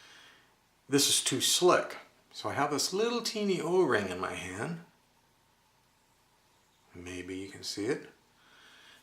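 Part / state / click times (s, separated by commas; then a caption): rubber o-ring for 3D-printed robot push rod / not seated / none. A tiny rubber o-ring for the push rod of a 3D-printed walking robot is held up before being fitted. Someone talks in bursts around 0.9–4.8 s and 7.0–8.5 s, with quiet gaps between. Nothing has snapped onto the push rod end yet.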